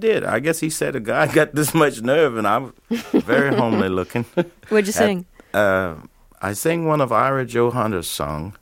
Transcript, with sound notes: I guess he said, a guy got this much nerve. (Laughter) And I'm very homely-looking.
What'd you sing?
I sang one of Ivory Joe Hunter's song.